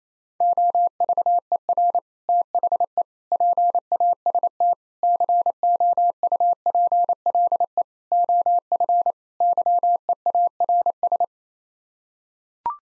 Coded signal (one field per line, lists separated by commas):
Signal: Morse code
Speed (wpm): 28 wpm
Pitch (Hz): 700 Hz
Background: none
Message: OVER THE PAST COUPLE OF YEARS